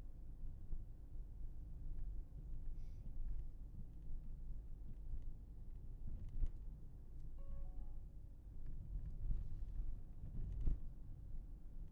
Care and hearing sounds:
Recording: everyday scene through a hearing-aid microphone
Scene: in a vehicle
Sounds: engine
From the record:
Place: Berlingo II, diesel engine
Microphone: behind the ear, left, front

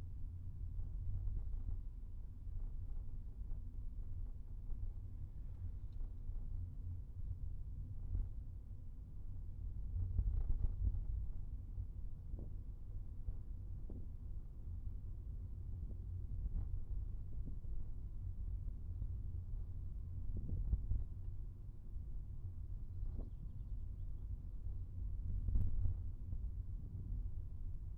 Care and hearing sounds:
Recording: everyday scene through a hearing-aid microphone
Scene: in a vehicle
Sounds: engine, rumble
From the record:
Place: Skoda Fabia, gasoline engine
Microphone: behind the ear, right, front

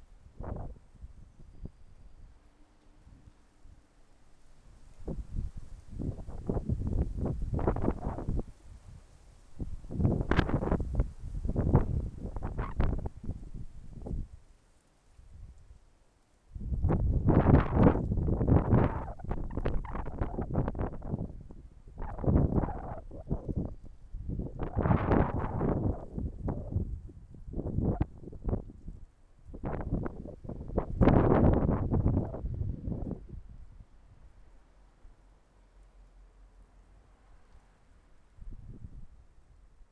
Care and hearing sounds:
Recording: everyday scene through a hearing-aid microphone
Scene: wind on the microphone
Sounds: wind, traffic, birds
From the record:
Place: suburban garden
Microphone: behind the ear, left, front

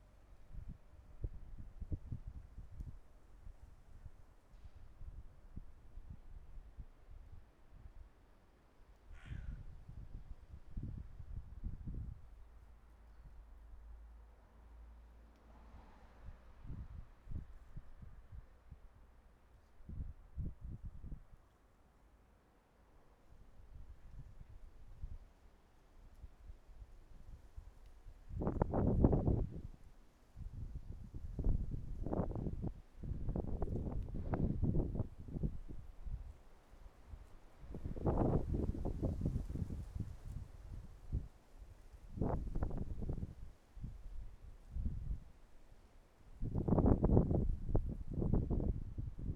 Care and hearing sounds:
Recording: everyday scene through a hearing-aid microphone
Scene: wind on the microphone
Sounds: wind, traffic, birds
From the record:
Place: suburban garden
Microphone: behind the ear, right, front

